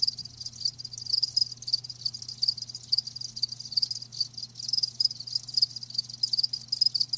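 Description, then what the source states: Crickets chirping in a steady high-pitched chorus, many overlapping pulsed trills running without pause, with a faint low hum underneath. Live crickets chirping, a lulling song.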